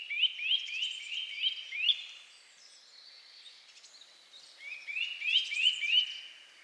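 Bird giving rapid strings of short upswept chirps, two bursts separated by a quieter gap with faint high notes.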